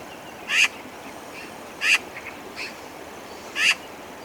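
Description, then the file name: Eurasian magpie giving harsh, rasping chak notes, three loud calls spaced roughly one and a half seconds apart over a quiet hiss. "Pica pica"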